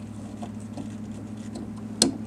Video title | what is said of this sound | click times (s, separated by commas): 2010-2015 Toyota Prius LED headlight install | my connector snap | 2.0 s